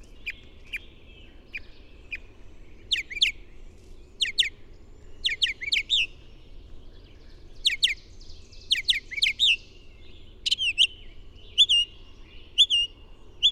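Bird singing with high, sharp chirps in short clusters, interspersed with thin sliding whistles and a few softer notes, quiet background.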